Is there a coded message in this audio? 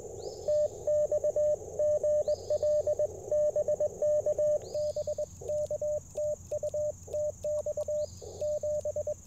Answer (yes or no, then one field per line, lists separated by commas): yes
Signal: Morse code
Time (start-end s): 0.5-9.1 s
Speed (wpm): 22 wpm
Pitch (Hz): 590 Hz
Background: radio noise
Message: TX GL BK BK TU TX 7